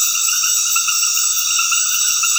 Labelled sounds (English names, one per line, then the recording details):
none
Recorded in dense forest near Puerto Asís, Putumayo, Colombia, on 19 February 2024 at 21:00
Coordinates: 0.496, -76.326
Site G6383